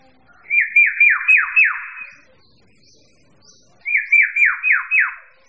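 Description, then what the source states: Bird song in two bursts, each a run of five quick descending slurred notes sweeping downward, the second burst after a pause of about a second and a half. Mixed birds.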